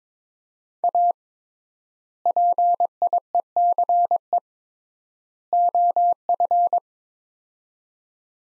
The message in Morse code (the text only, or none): A PIECE OF